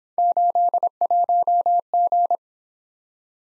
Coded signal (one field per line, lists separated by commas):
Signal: Morse code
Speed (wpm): 26 wpm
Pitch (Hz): 700 Hz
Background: none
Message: 81G